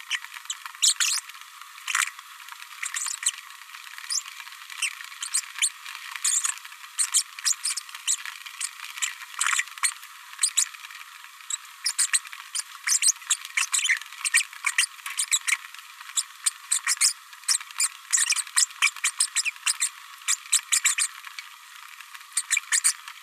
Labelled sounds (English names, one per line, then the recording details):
Green-rumped Parrotlet babbling
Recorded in a nest box in Venezuela
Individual 18B104A3